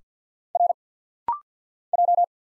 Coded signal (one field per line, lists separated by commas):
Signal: Morse code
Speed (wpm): 50 wpm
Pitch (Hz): 700 Hz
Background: none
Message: R J